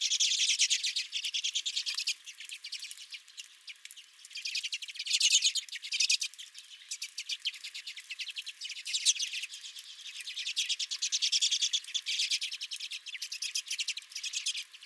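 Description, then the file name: Redpolls twittering nonstop, rapid rattling chatter rising and falling in waves. Redpolls at the recordist's own feeder. "Redpolls at My Feeder"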